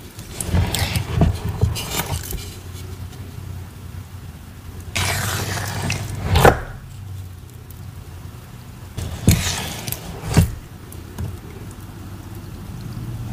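Cornstarch paste is poured in bursts, with thick wet slaps and splats near the start, around 5 to 6.5 seconds, and again near 9 to 10.5 seconds. Between pours, a low steady rumble hums underneath, with quieter gloppy drips scattered throughout.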